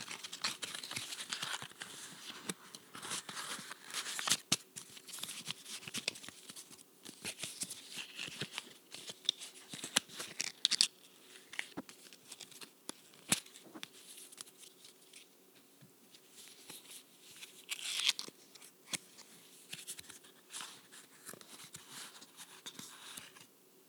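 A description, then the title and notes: A deck of cards is handled, with dense crisp riffles, snaps and light taps coming in quick irregular bursts. Playing with a Deck of Cards.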